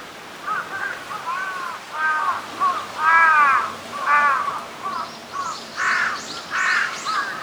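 Birds calling with harsh, harmonic squawks in a steady series, joined by higher, thinner chirps over the last few seconds.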